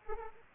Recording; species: mosquito wingbeat signal from an infrared sensor; Anopheles arabiensis